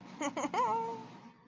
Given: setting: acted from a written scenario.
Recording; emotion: vocal sound without words; pride